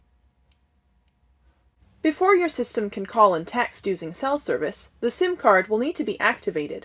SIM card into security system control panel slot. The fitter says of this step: make sure the card matches the picture on the panel then press it in until it clicks